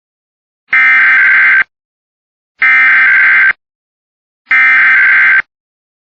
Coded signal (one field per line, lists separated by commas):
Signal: Emergency Alert System (SAME) tones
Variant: header bursts